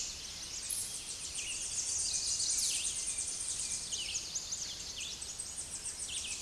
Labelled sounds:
Tennessee Warbler song
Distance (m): 30 m
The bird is about 10 m above the microphone
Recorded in a Pennsylvania forest on 16 May 2024 at 07:32
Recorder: AudioMoth, point MSD-2112
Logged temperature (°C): 16.3 °C
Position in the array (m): 81 m, 221 m

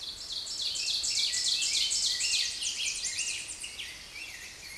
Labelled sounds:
Ovenbird song
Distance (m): 15 m
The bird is about 10 m above the microphone
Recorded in a Pennsylvania forest on 16 May 2024 at 06:56
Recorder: AudioMoth, point MSD-0475
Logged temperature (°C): 12.3 °C
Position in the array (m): 137 m, 9 m

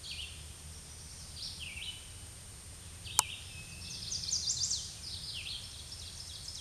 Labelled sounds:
Red-eyed Vireo song
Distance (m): 15 m
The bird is about 10 m above the microphone
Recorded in a Pennsylvania forest on 16 May 2024 at 07:46
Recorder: AudioMoth, point MSD-2083
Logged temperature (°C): 16.7 °C
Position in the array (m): 149 m, 30 m

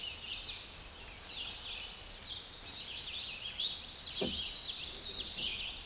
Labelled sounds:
Common Yellowthroat song
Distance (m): 15 m
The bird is about level with the microphone
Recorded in a Pennsylvania forest on 16 May 2024 at 09:35
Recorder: AudioMoth, point MSD-1411
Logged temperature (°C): 16.1 °C
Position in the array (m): 44 m, 170 m

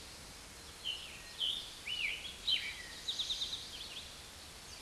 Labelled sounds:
Eastern Towhee song
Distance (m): 40 m
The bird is about 5 m above the microphone
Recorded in a Pennsylvania forest on 16 May 2024 at 06:06
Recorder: AudioMoth, point MSD-2287
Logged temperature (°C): 11.2 °C
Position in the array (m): 106 m, 7 m

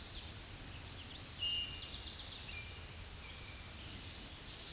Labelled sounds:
Eastern Towhee song
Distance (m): 50 m
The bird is about 10 m above the microphone
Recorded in a Pennsylvania forest on 16 May 2024 at 07:39
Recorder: AudioMoth, point MSD-2163
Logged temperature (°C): 16.1 °C
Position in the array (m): 181 m, 181 m

